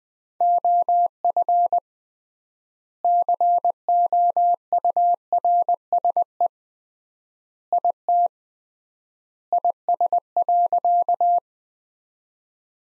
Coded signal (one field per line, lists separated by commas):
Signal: Morse code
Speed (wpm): 20 wpm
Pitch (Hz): 700 Hz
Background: none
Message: OF COURSE IT IS.